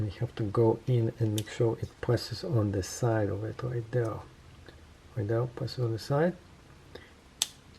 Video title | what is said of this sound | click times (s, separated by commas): Leatherman Signal Coyote Edition Review Honest Review | it snaps into place few | 7.4 s